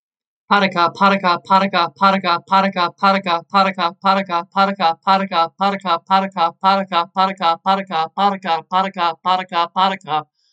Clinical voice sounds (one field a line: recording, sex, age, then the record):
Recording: repeated syllables /pa ta ka/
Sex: female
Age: 30 to 39 years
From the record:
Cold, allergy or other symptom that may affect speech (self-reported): no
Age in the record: 37 years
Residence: Wisconsin, United States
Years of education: 14